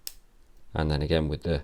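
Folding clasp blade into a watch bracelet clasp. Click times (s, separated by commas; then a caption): 0.1 s. A folding clasp blade on the steel bracelet of a Tudor Black Bay Chronograph is pressed closed into the watch bracelet clasp, snapping shut with a single sharp click at 0.1 s. After a short quiet pause, someone talks from about 0.7 s to the end. The clasp is seated and closed.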